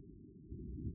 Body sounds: neck accelerometer signal played as sound; no cough (speech, laughter, throat clearing or background)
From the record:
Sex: male

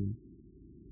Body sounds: neck accelerometer signal played as sound; no cough (speech, laughter, throat clearing or background)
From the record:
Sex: female

